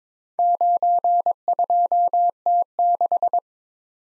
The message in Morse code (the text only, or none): 92T6